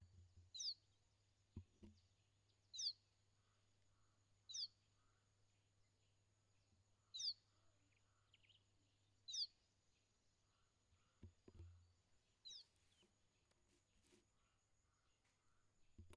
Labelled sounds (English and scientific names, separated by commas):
Lesser Striped Swallow (Cecropis abyssinica)